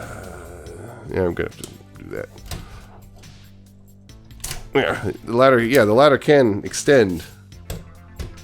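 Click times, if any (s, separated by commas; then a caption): 7.7 s. The plastic ladder on a transforming toy truck is pulled out to its extended position while someone talks, with small plastic clicks and rattles along the way. The ladder clicks into place at 7.7 s and is seated.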